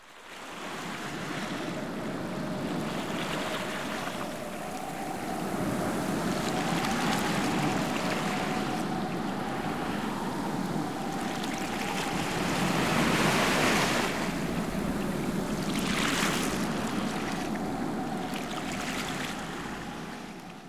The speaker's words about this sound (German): Die Männer von der Küstenwache fahren mit ihrem Boot los.